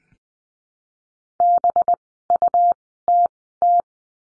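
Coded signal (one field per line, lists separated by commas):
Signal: Morse code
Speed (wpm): 19 wpm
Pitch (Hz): 700 Hz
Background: none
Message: BUTT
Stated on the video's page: Morse course lesson, letter B words, at Farnsworth speed of 20/10 wpm.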